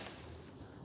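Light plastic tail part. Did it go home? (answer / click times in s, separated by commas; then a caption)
no / none. A horizontal tail half of an FMS Cessna 182 1.5 m RC airplane is pushed onto the tail connector spar at the rear of the fuselage, making only a steady, low, broadband rustle of handling noise with no sharp transient. Nothing has clicked or seated yet, so the tail half is not installed.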